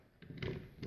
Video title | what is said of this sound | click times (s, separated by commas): OMMK - Double Tap Designs Holster Review | holster it locks into place you can feel that click and | 0.4 s